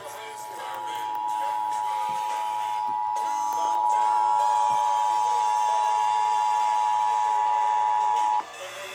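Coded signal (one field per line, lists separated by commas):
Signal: Emergency Alert System (SAME) tones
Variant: 853 and 960 Hz attention tone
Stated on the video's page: North Carolina Required Monthly Tests captured live at night.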